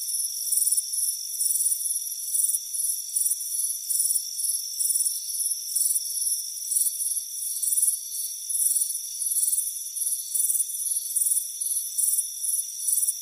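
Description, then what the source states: Cricket chirping, rapid shrill pulses repeating several times a second, with a steady high drone. Warm afternoon on a front porch.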